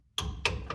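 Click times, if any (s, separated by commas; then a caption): 0.2 s. A click-type torque wrench set to 20 ft-lbs tightens a lower front shock mounting bolt on a 2002 Ford Ranger pickup truck, kept low to avoid snapping the bolts. A sharp click sounds at 0.2 s, followed by two more brief clicks at about 0.5 s and 0.7 s. The wrench clicks at its setting, and the bolt is confirmed torqued.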